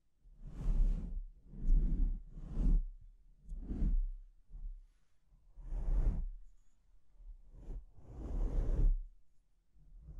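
Microphone scratching comes in rough, rasping bursts, each lasting about half a second to a second, roughly seven strokes over ten seconds with short quiet gaps between. Each stroke carries a low rumble under a brushing, hissy top, like a swish against the mic.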